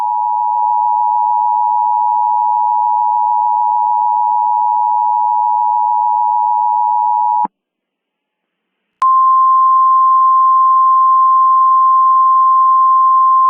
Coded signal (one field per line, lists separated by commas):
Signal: Emergency Alert System (SAME) tones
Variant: 853 and 960 Hz attention tone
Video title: EAS Mock Scenario: Judas